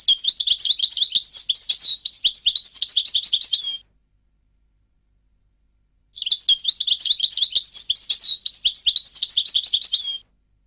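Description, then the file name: European goldfinch song: two long bursts of rapid, liquid twittering and tinkling notes, each about four seconds, separated by a short silence. "audio burung goldfinch"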